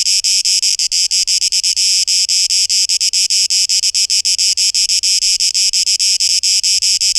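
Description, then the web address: Cicadas: a continuous, piercing, high buzz with a rapid flutter running through it, steady in loudness. 12 August 2023; tape echo mix. "rauschpartikel Audio 2023-08-12 Zikaden"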